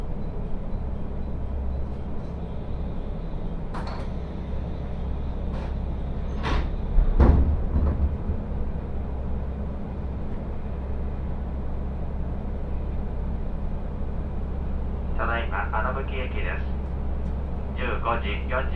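Aboard the Ai Yoshinogawa trolley train on the Tokushima Line, a steady low engine rumble runs throughout. Scattered clicks and knocks come between about 4 and 8 seconds, peaking briefly near 7 seconds, and rattling, squeaky bursts appear around 15 to 18 seconds.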